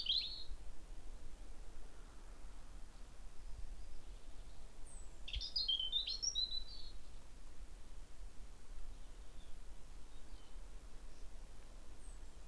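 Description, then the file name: European robin giving a brief high note at the start, then a short cluster of thin, tumbling high phrases midway; long quiet gaps filled with low steady rumble. "Erithacus rubecula"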